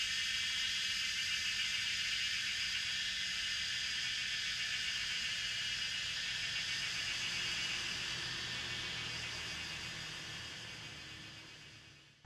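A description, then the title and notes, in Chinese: Cicadas drone in a dense, unbroken chorus, a bright, shimmering buzz that holds steady for most of the time. Faint low rumble sits underneath, and the whole sound tapers off gradually over the last few seconds. 蟬。埔里。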